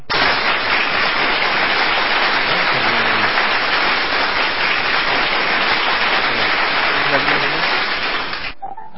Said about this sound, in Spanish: Un aplauso, por favor, para ella, que a pesar de que está enferma, nos está aquí acompañando. Un aplauso, por favor.